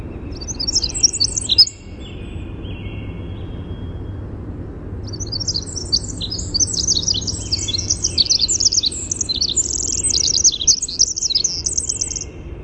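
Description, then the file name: Winter wren song: a brief burst of high tinkling notes, a pause of about three seconds, then a long, rapid run of chattering trills and twitters. "WIWR song"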